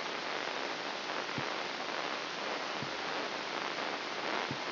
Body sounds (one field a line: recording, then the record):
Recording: brain microelectrode recording played as sound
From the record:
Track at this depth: inside the subthalamic nucleus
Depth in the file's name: 6.105 mm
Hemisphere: left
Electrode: 3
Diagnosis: Parkinson's disease